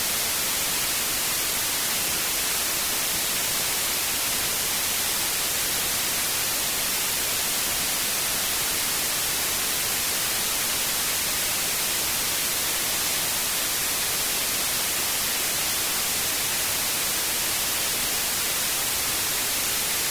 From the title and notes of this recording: Static Test Tone White Noise. The gentle hum and hiss of the white noise.